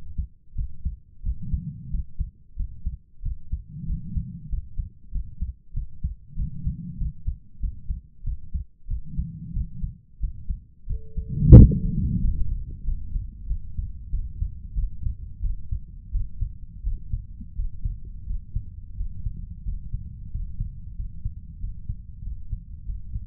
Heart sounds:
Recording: heart sounds by stethoscope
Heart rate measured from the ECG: 91 bpm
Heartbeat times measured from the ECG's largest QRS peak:
0.54 s: heartbeat
1.22 s: heartbeat
1.89 s: heartbeat
2.55 s: heartbeat
3.21 s: heartbeat
3.85 s: heartbeat
4.48 s: heartbeat
5.11 s: heartbeat
5.72 s: heartbeat
6.35 s: heartbeat
6.97 s: heartbeat
7.59 s: heartbeat
8.23 s: heartbeat
8.86 s: heartbeat
9.52 s: heartbeat
10.19 s: heartbeat
10.85 s: heartbeat
11.53 s: heartbeat
12.19 s: heartbeat
12.83 s: heartbeat
13.46 s: heartbeat
14.09 s: heartbeat
14.73 s: heartbeat
15.40 s: heartbeat
16.10 s: heartbeat
16.82 s: heartbeat
17.54 s: heartbeat
18.25 s: heartbeat
18.95 s: heartbeat
19.63 s: heartbeat
20.29 s: heartbeat
20.94 s: heartbeat
21.58 s: heartbeat
22.21 s: heartbeat
22.84 s: heartbeat
From the record:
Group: healthy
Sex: female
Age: 32 years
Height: 172 cm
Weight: 71.7 kg

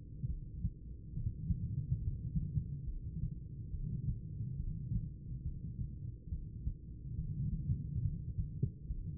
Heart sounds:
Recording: heart sounds by stethoscope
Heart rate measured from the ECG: 70 bpm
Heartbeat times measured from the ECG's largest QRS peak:
0.25 s: heartbeat
1.11 s: heartbeat
1.97 s: heartbeat
2.83 s: heartbeat
3.69 s: heartbeat
4.55 s: heartbeat
5.41 s: heartbeat
6.27 s: heartbeat
7.13 s: heartbeat
8.00 s: heartbeat
8.85 s: heartbeat
From the record:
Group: heart failure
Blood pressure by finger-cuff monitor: 94/59 mmHg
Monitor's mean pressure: 72 mmHg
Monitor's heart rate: 70 bpm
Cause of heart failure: idiopathic cardiomyopathy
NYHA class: 2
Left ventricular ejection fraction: 51%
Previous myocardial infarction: absent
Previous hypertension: present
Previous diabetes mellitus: absent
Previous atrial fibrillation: absent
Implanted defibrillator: present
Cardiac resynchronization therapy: absent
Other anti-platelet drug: absent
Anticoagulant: apixaban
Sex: female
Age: 61 years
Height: 163 cm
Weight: 111 kg

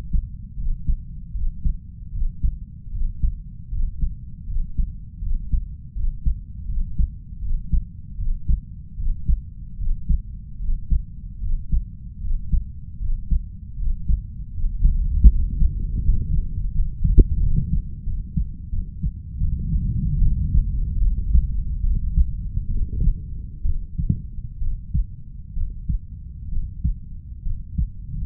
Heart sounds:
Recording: heart sounds by stethoscope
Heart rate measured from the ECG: 76 bpm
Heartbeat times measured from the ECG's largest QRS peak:
0.56 s: heartbeat
1.32 s: heartbeat
2.11 s: heartbeat
2.90 s: heartbeat
3.69 s: heartbeat
4.45 s: heartbeat
5.20 s: heartbeat
5.93 s: heartbeat
6.66 s: heartbeat
7.40 s: heartbeat
8.16 s: heartbeat
8.96 s: heartbeat
9.76 s: heartbeat
10.58 s: heartbeat
11.39 s: heartbeat
12.19 s: heartbeat
12.98 s: heartbeat
13.76 s: heartbeat
14.51 s: heartbeat
15.27 s: heartbeat
16.00 s: heartbeat
16.71 s: heartbeat
17.39 s: heartbeat
18.03 s: heartbeat
18.69 s: heartbeat
19.37 s: heartbeat
20.18 s: heartbeat
20.98 s: heartbeat
21.80 s: heartbeat
22.67 s: heartbeat
23.62 s: heartbeat
24.58 s: heartbeat
25.53 s: heartbeat
26.49 s: heartbeat
27.43 s: heartbeat
From the record:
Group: healthy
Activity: breath hold 0-17 s, rest 17-28 s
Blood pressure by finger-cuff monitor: 109/62 mmHg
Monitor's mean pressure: 74 mmHg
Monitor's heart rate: 76 bpm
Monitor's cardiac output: 5.4 L/min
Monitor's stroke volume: 70 mL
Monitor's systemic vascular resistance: 980 dyn s/cm5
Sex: female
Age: 32 years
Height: 168 cm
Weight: 61.9 kg

